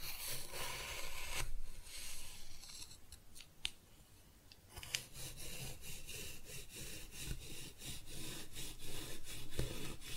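Kinetic sand is cut and scooped with a gritty, rubbing scrape that runs almost without pause. A short sharp crunch comes near the start, sharper clicks follow around four to five seconds, and after that a run of rhythmic scraping strokes repeats roughly every half second.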